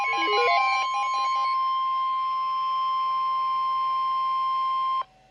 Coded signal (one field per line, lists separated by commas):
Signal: Emergency Alert System (SAME) tones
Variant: 1050 Hz attention tone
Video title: EAS compilation #1